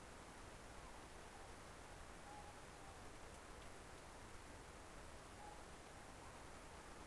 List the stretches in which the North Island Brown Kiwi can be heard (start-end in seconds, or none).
none